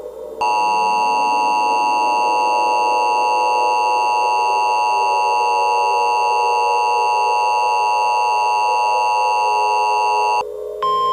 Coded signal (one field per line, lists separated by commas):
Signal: Emergency Alert System (SAME) tones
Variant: 853 and 960 Hz attention tone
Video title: EAS mock | Delaware under attack